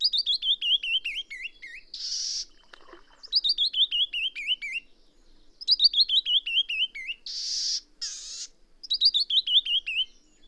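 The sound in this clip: Bird: repeated descending runs of quick, sharp chirps from a songbird, punctuated by several harsh hissing bursts.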